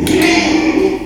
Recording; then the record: squeal of a Yucatan mini pig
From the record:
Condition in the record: after surgery on the right vocal fold (resection and tissue-engineered implant); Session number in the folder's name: 2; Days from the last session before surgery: 13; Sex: male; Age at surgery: 12 weeks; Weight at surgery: 13 kg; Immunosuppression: cyclosporine, prednisolone